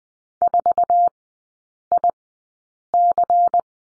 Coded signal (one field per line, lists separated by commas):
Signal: Morse code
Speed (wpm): 20 wpm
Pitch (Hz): 700 Hz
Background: none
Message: 4IC